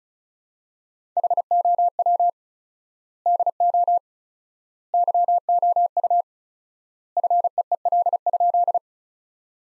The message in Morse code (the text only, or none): HOW DO YOU FEEL?